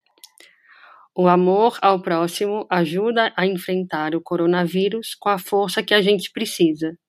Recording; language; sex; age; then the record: spoken sentence; Brazilian Portuguese; female; 40 to 49 years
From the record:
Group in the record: control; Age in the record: 44 years